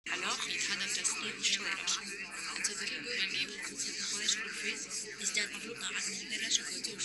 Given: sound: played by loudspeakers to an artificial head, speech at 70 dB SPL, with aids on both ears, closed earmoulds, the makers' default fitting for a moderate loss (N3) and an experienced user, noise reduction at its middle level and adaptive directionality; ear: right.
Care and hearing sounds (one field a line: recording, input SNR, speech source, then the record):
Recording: speech test signal (ISTS) in cocktail-party noise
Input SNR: -6 dB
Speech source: in front (0 degrees)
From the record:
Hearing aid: class 1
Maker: H